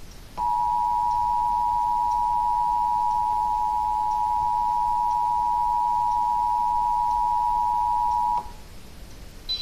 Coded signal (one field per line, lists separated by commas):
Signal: Emergency Alert System (SAME) tones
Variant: 853 and 960 Hz attention tone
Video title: KPXD: RMT (EAS #128) FINALLY WITHOUT TECHNICAL PROBLEMS!